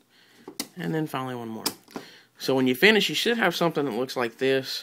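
A plastic tail segment on a transforming toy robot is moved down and snaps into place on the toy with a sharp click at 0.6 s, just after a faint tick at 0.5 s. Someone then talks through the rest of the clip.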